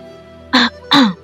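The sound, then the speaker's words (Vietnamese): Two short, dry coughs in quick succession, each a rough, throaty burst with a slight pause between them, heard alone against a quiet background. “Bạch Ngọc Đường ho khan một tiếng, chỉ về phía hậu viện.”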